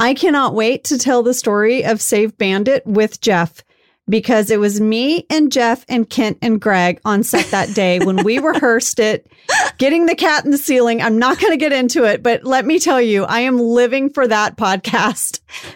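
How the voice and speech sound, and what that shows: A woman speaks quickly and fluently in an animated, upbeat tone, with a bright, clear voice and only brief pauses between phrases. Her speech is typical, with no sign of stuttering, hoarseness or slurring.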